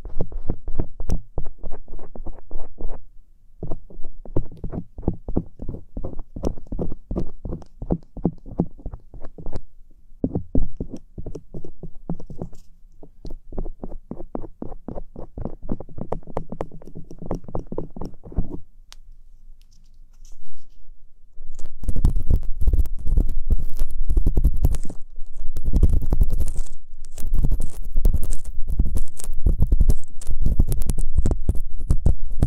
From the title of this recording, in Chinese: 掏耳朵